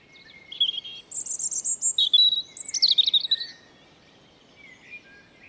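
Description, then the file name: European robin singing a rapid phrase of thin, high warbled and trilled notes that jump abruptly in pitch, followed by quiet. "Erithacus rubecula"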